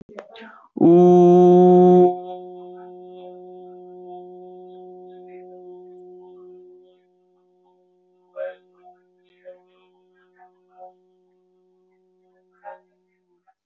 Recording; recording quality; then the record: sustained vowel as in boot; excellent, no background noise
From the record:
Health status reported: healthy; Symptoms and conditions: none ticked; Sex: male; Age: 19 years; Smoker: not ticked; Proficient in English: yes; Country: India